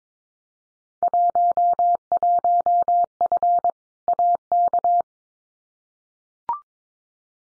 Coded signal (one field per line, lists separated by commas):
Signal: Morse code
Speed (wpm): 22 wpm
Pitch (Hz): 700 Hz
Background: none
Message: 11F AK